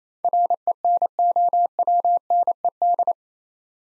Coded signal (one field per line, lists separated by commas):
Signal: Morse code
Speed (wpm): 27 wpm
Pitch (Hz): 700 Hz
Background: none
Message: RENOWNED